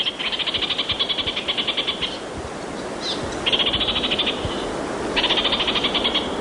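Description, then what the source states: Orange-fronted parakeet giving quick rattling chatter, three dense bursts of harsh high notes with brief gaps between them. Played on radio as a morning bird call.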